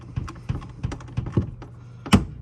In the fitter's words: put it in behind here snapped into place